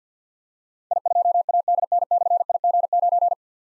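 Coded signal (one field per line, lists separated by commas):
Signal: Morse code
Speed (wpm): 50 wpm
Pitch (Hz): 700 Hz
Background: none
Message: I2ADN/IG9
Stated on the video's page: Morse code drill at 50 wpm of difficult callsigns with slashes, each sent, spoken, then sent again, for keyboard or pencil copy.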